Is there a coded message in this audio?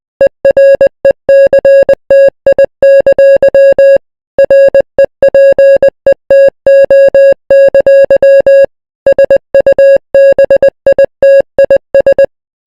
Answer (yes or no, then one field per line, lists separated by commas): yes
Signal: Morse code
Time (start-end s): 0.2-12.2 s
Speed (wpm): 20 wpm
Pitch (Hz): 550 Hz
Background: music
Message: ERECTI! REPETO! SUBITIS